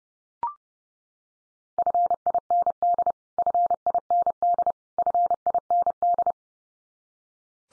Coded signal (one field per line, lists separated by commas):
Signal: Morse code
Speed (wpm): 30 wpm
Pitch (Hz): 700 Hz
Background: none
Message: FIND FIND FIND